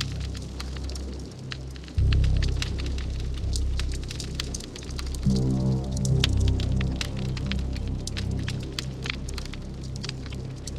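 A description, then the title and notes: A campfire crackles throughout, with sharp pops scattered densely across the whole eleven seconds. A low, throbbing bass hum swells in at about two seconds and thickens further from around five seconds, with a steady tone sitting over it until the end. 120 Campfire Minutes At Jaques' Twin Peaks Cabin. Campfire ambience with the twin peaks vibe.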